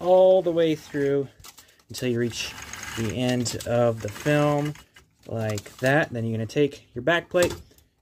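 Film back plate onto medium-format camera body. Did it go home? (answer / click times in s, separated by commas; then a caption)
no / none. Someone talks while 120 film is threaded onto the take-up spool of a medium-format camera and the camera's back plate is about to be fitted onto the body. The back plate has not seated or clicked into place yet.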